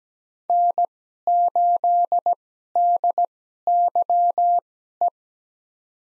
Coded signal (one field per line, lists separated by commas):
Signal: Morse code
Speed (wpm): 17 wpm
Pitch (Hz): 700 Hz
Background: none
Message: N8DYE